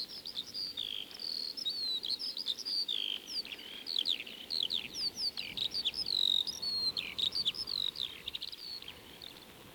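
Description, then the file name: Eurasian skylark singing a fast, unbroken torrent of twittering notes, buzzy trills and short rising and falling whistles that stops about a second before the end, with light surface hiss underneath. Song, 1937. "skylark-song-disc-3-side-a-more-songs-of-wild-birds"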